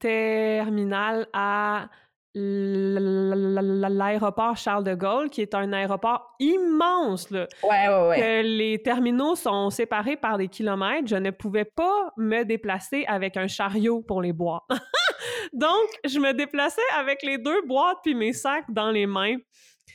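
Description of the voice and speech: An adult woman who stutters speaks French, with prolonged sounds and a long held voiced stretch early on, fitting stuttering.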